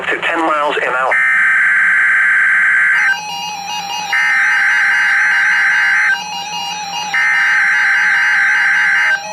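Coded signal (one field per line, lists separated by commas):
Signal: Emergency Alert System (SAME) tones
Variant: header bursts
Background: speech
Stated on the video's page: Required Weekly Test SAME tones from NOAA Weather Radio station KEC60, Milwaukee, Wisconsin.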